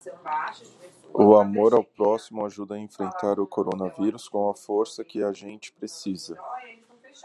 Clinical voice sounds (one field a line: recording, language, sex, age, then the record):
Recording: spoken sentence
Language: Brazilian Portuguese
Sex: male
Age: 30 to 39 years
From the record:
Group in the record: control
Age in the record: 37 years